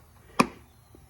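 A new oil filter element is pushed onto the plastic oil filter cap during an oil change on a 2015-2022 Canyon/Colorado 3.6L. A single loud, sharp snap rings out at 0.4 s against quiet background noise. The element is seated in the cap.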